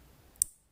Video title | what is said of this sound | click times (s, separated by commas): 2014 Triumph Daytona 675R SmartMoto Install | we'll plug it in and listen for the click and | 0.4 s